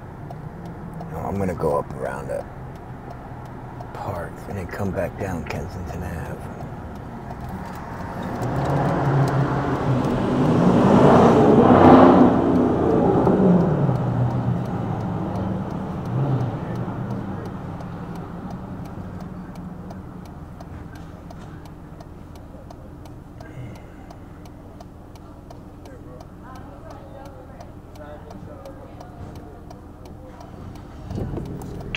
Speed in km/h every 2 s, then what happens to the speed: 0, 0, 0, 0, 0, 0, 0, 0, 0, 0, 0, 0, 0, 0, 0, 0.
0-30 standing.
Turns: none.